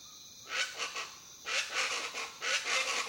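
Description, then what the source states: Jungle birds letting out repeated grating, honking squawks in three quick bursts, with a steady high-pitched hum underneath. Jungle birds, described as crazy.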